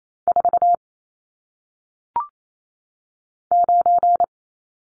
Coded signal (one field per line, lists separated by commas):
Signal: Morse code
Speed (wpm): 28 wpm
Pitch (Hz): 700 Hz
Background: none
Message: 4 9